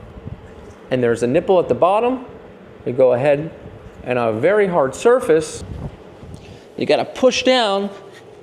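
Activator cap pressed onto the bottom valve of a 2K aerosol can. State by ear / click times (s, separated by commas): not seated / none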